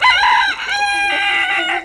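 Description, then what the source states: Chicken: rooster crowing: one long, harmonically rich call that rises sharply, then holds a steady, slightly hoarse tone for over a second before dropping off. Rooster, from a farm recording of hens and roosters.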